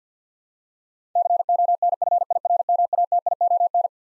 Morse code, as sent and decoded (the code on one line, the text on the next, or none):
-.-. --- -. ..-. .. .-. -- .- - .. --- -.
CONFIRMATION